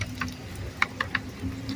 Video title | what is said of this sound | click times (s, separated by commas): 2009 Ford Escape Ignition lock Cyl Replacement in-depth DORMAN 989-019 W/O removing steering WHEEL | There, she's clicked in. | 0.8 s